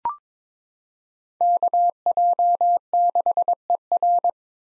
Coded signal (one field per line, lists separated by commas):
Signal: Morse code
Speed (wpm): 22 wpm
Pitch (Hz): 700 Hz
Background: none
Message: KJ6ER